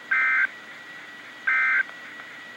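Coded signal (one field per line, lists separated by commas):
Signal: Emergency Alert System (SAME) tones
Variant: end-of-message bursts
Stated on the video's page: Real high wind warning.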